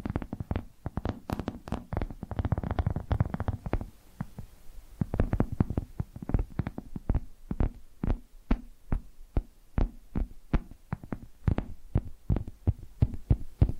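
ASMR tapping: quick, crisp taps strike in irregular bursts, with a dense flurry around the first four seconds, a short lull near four seconds, then steadier spaced tapping to the end. Each tap has a dull, thumpy low body with a brief bright click.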